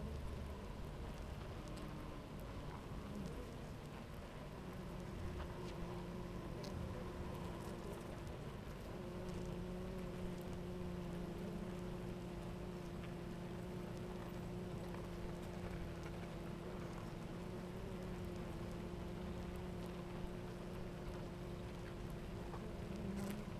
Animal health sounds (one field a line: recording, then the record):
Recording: honeybee colony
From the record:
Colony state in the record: active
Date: 28 July 2017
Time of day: 9:24